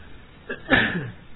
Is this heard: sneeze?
yes